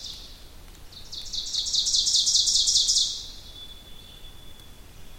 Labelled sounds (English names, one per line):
Ovenbird song